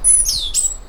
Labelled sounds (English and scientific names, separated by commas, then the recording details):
Stitchbird (Notiomystis cincta) song
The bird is a male
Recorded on Tiritiri Matangi Island, New Zealand, in 2005
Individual 1, of nest box 1